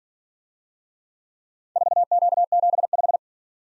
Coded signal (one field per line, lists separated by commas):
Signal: Morse code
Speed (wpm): 46 wpm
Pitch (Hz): 700 Hz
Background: none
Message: 4Q75